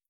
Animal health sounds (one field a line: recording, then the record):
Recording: hydrophone in a shrimp aquaculture tank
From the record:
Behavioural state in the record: starved